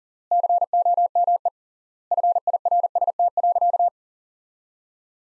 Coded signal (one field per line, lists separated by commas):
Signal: Morse code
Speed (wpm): 40 wpm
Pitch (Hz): 700 Hz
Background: none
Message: COME FIRST.